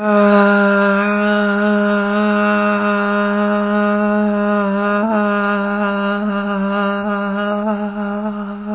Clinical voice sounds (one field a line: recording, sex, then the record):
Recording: sustained vowel /a/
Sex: female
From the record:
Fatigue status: fatigue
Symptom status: symptomatic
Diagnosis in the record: COVID-19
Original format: 3gp